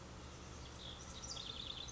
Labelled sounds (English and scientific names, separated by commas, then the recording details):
House Wren (Troglodytes aedon)
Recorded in Sonoma County, California